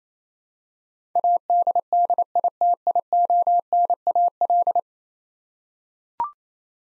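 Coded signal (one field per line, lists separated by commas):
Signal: Morse code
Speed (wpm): 28 wpm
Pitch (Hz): 700 Hz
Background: none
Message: ADDITIONAL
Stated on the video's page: Morse practice drill of ten-letter words at 28 wpm for head-copy, each word sent, spoken, then sent again.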